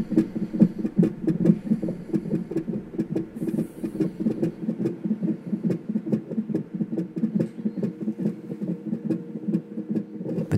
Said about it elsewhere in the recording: Could hear the baby's heartbeat through the monitor. Baby was letting us know all night, I'm right here.